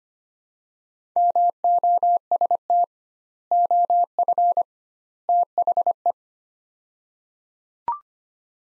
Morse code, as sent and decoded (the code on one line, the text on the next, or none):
-- --- ... - / --- ..-. / - .... .
MOST OF THE